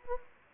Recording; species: mosquito wingbeat signal from an infrared sensor; Anopheles gambiae